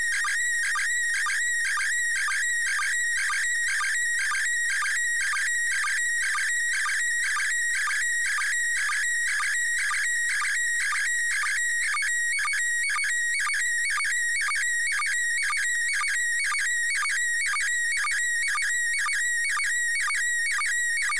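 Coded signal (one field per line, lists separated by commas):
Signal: SSTV (slow-scan television)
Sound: warbling, chirping tones with a steady rhythmic tick roughly twice a second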